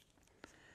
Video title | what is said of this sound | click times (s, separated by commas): Winter Hammock Back up | and you shove that right up to where the two buckles are and it locks in place | 0.4 s